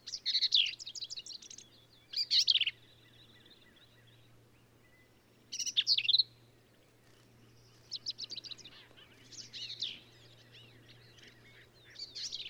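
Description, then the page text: Black-capped vireo with bold, scratchy phrases alternating with quieter chattered runs and gaps, varied from phrase to phrase, over low hum. Male singing, same individual throughout; endangered species; phrases sung alone, truncated, embellished or run together; Kerr Wildlife Management Area, Hunt, Texas hill country. "Birdsong for the Curious Naturalist. Black-capped vireo"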